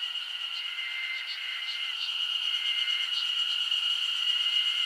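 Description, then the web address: Insects calling together: a continuous shrill high drone, a lower humming band, and a few clear short trills repeating at irregular intervals. Summer insect ambience recorded in Japan. "Sound Effects-Foundation 1 AMBIENCE JAPANESE SUMMER INSECTS 01"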